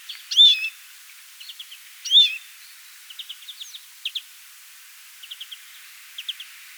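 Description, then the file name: European greenfinch calls: two loud looping high notes near the start, then short buzzy trilled bursts repeated at irregular intervals. "Chloris chloris"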